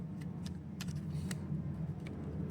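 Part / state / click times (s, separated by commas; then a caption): small plastic cover on chainsaw clutch/chain brake side housing / not seated / none. A small plastic cover, previously melted by radiating heat, is handled against the clutch and chain brake side housing of an MS362 CM chainsaw during repair. A steady low hum runs throughout, broken by a few brief light plastic ticks and taps near 0.5, 0.8 and 1.3 seconds. Nothing has seated or clicked into place yet.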